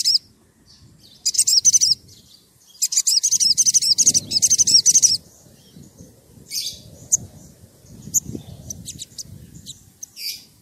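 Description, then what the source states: Oriental magpie-robin song: two fast bursts of shrill, buzzy repeated notes, followed by scattered sharp notes against a low background rumble. Gacor (actively singing) bird; recording used as a lure to provoke other magpie-robins into answering.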